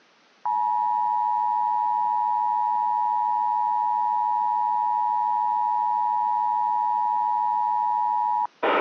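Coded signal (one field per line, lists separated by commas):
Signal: Emergency Alert System (SAME) tones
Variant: 853 and 960 Hz attention tone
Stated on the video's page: Recreated compilation of Required Monthly Tests from the Central Relay Network.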